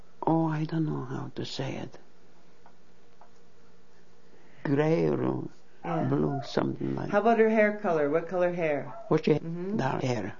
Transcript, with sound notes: Oh, I don't know how to say it. Gray or blue, something like that. ( a dog barks in the background )
How about her hair color? What color hair?
She had the dark hair.